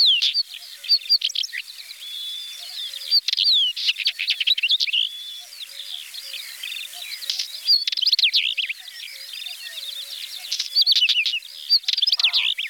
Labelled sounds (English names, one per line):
Northern Wheatear song